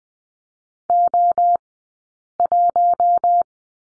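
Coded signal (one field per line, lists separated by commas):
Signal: Morse code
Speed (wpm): 20 wpm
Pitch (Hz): 700 Hz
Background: none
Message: O1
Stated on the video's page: Morse code course lesson on letter R, two-character groups, Farnsworth speed 20/10 wpm.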